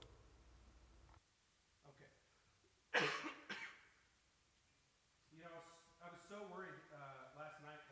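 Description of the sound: Two sharp coughs half a second apart in a quiet room, then a man's voice resumes; a brief adult cough during a coughing fit.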